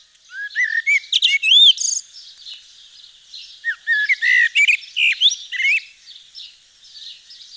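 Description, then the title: Eurasian blackbird song with two phrases of fluty whistles followed by shrill twittered flourishes, separated by a short pause. Recorded in Nord, France. "Sylvain Jaskowiak - Mes piafs. Merle noir dans le Nord"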